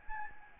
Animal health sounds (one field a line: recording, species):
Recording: mosquito wingbeat signal from an infrared sensor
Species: Aedes albopictus